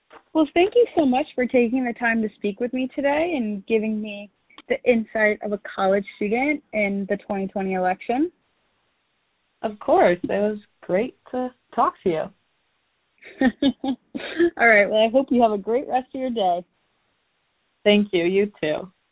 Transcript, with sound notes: Well, thank you so much for taking the time to speak with me today and giving me the insight of a college student in the 2020 election.
Of course, it was great to talk to you.
(laughter) All right, well, I hope you have a great rest of your day.
Thank you, you too.